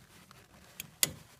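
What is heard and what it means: An engine-bay fuel line quick-disconnect connector is pushed back onto the fuel rail pipe on a Toyota (a 2006 Matrix/Corolla or a 2013 Sienna). Faint ticks at 0.3 s and 0.8 s lead to a loud, sharp snap at 1.0 s. The snap marks the quick-connect seating fully home.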